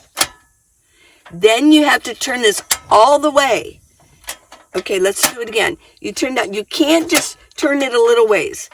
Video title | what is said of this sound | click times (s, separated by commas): Where Do I Go Next (living in my car) | click the lever down you push it down | 0.2 s